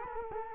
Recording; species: mosquito wingbeat signal from an infrared sensor; Culex quinquefasciatus